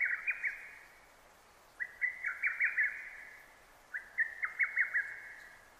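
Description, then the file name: Lesser cuckoo singing three rapid, emphatic whistled phrases, each a tumbling run of short notes, the second and third phrases longer, with a steady soft hiss beneath. Recorded 6 June 2009. "hototogisu-20090606"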